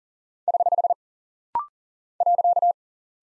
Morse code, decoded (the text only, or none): <HH> .